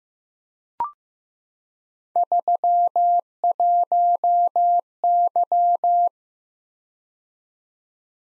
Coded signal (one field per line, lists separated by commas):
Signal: Morse code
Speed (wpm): 15 wpm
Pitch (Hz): 700 Hz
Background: none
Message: 31Y